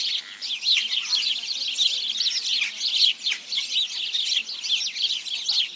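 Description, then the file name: House sparrows giving a dense chorus of short, overlapping chirps, continuous and busy throughout, with many birds calling at once. "Passer domesticus"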